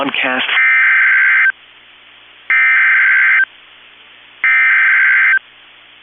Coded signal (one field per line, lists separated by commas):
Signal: Emergency Alert System (SAME) tones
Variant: header bursts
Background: speech